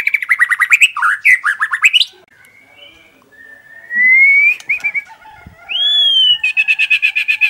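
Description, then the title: White-rumped shama song: harsh chattering notes, then a pause with clear rising whistles, ending in a rapid series of repeated buzzy notes. Masteran training song for caged birds, described as labaik. "MURAI BATU LABAIK"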